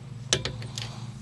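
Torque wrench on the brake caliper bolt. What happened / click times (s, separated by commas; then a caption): The torque wrench clicked at its set torque / 0.3 s. A torque wrench tightens a 14 mm rear brake caliper bolt to 23 ft-lb on a 2nd-generation (2011–2013) Kia Sorento during a rear brake pad replacement. A sharp click at 0.3 s is followed by a weaker tick at about 0.45 s and fainter ones near 0.8 s, over a steady low hum. The wrench clicks at its set torque, confirming the bolt is tightened.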